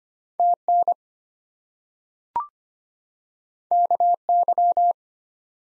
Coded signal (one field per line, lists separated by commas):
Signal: Morse code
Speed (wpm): 25 wpm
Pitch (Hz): 700 Hz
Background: none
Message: TN KY